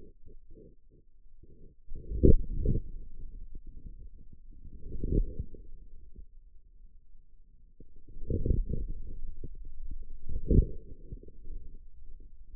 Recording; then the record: forearm muscle sounds (acoustic myography)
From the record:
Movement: outward rotation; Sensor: system 2, bracelet of six BSWA MPA416 microphones around the upper forearm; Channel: 4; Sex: male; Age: 22 years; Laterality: right